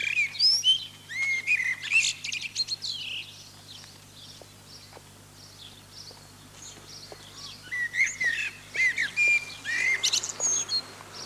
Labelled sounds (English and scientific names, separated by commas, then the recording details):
Common Blackbird (Turdus merula) song
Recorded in the wild
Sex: male
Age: adult
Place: Lübars, Benekendorffstraße, Berlin, DE
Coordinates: 52.6167, 13.3469
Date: 2006-04-25 19:08
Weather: sunny, 16°C
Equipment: Grundig CR 110, Sennheiser ME 80, Kopie Uher 4000 Report Monitor
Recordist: Tembrock, Günter